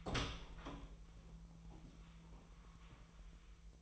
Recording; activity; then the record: daily activity, microphone in the room; open door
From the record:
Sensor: 1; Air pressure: 1001.5 hPa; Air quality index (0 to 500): 249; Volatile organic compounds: 128 ppm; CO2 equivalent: 3918 ppm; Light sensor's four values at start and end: 11/27/11/12 and 10/25/10/10